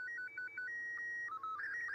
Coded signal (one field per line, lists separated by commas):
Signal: SSTV (slow-scan television)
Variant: Robot 72